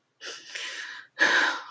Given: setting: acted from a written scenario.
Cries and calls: vocal sound without words; sadness

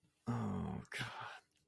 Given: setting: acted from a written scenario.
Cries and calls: vocal sound without words; shame

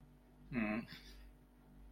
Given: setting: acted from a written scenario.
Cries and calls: vocal sound without words; embarrassment

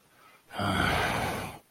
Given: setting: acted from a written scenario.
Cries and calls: vocal sound without words; anger

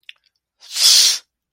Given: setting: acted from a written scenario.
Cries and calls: vocal sound without words; contempt

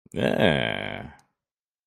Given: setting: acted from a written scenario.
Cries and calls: vocal sound without words; pride

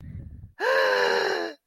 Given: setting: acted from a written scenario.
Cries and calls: vocal sound without words; positive surprise

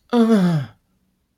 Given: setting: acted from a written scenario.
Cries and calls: vocal sound without words; pain

